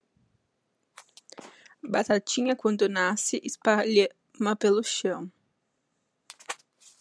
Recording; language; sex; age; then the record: short text; Brazilian Portuguese; female; 20 to 29 years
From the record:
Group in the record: control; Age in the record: 22 years